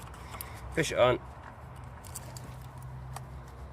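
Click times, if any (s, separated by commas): 2.2 s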